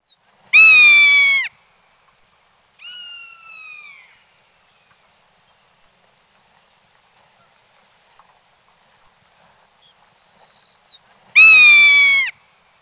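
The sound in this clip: Rough-legged hawk calls: three drawn-out, harmonic, slightly descending screams, the first and last loud, a softer one between, separated by quiet pauses.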